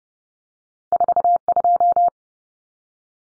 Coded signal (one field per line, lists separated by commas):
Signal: Morse code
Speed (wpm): 30 wpm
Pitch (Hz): 700 Hz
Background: none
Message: 42